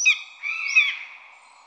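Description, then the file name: Common buzzard giving a mewing call: a short high note dropping sharply, then a longer drawn-out whistled mew that rises slightly and falls away. "poiana"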